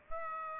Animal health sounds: mosquito wingbeat signal from an infrared sensor; Aedes aegypti

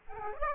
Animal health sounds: mosquito wingbeat signal from an infrared sensor; Aedes aegypti

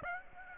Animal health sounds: mosquito wingbeat signal from an infrared sensor; Aedes aegypti

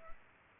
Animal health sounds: mosquito wingbeat signal from an infrared sensor; Culex pipiens

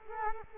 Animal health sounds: mosquito wingbeat signal from an infrared sensor; Culex quinquefasciatus

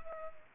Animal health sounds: mosquito wingbeat signal from an infrared sensor; Culex pipiens

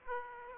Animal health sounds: mosquito wingbeat signal from an infrared sensor; Aedes aegypti

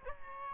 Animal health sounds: mosquito wingbeat signal from an infrared sensor; Aedes albopictus

